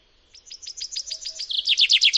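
Common chaffinch singing a run of high, sharp downslurred notes that build in loudness, shifting into a quicker, denser phrase near the end.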